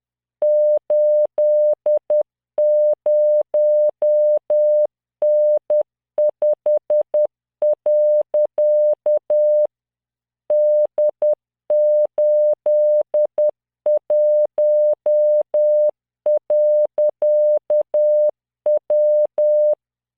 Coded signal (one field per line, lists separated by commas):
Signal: Morse code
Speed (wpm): 10 wpm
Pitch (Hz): 600 Hz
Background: none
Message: 80N5. D81.W